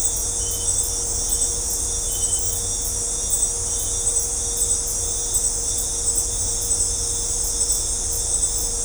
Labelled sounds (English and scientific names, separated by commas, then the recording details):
none
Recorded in dense forest near Puerto Asís, Putumayo, Colombia, on 20 December 2024 at 18:30
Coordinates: 0.503, -76.323
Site G043